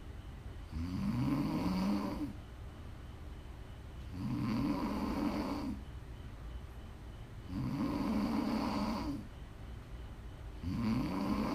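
Four loud, low-pitched, rumbling snores come on successive breaths, each lasting about a second and a half, at roughly 19 breaths a minute. Quiet exhalations fill the gaps between them. It is steady sleep snoring from an adult, made as ASMR for relaxing and winding down to sleep.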